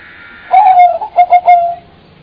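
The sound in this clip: Bird giving one phrase: a smooth, sustained descending note, then a trio of short throbbing notes ending on a longer tone.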